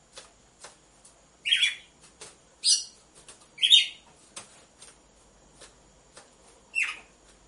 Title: Canto Galo Campina Fêmea. ESQUENTE GALO DE CAMPINA COM BATIDA DE DOIS MACHOS